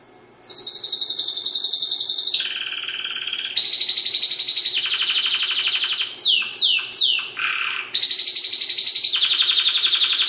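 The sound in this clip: Dutch canary song of long sustained rolling trills that shift pitch between phrases, broken by a few quick swooping descending notes, loud and continuous.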